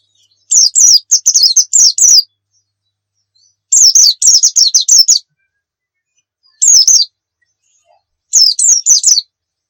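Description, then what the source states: White-eye song: repeated short bursts of high, thin slurred notes separated by gaps. Pleci Muria (Muria white-eye) singing gacor (persistently); a masteran recording for training pet songbirds to sing.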